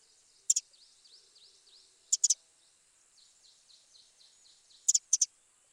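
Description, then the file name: Eurasian wren calling with hard ticking clicks in three short bursts, over soft high twittering in the background. "Troglodytes troglodytes"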